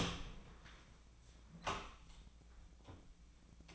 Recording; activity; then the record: daily activity, microphone in the room; open door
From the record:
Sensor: 1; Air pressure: 1009.3 hPa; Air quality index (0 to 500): 182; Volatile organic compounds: 3 ppm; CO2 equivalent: 1526 ppm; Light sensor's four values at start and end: 41/110/45/54 and 41/111/45/54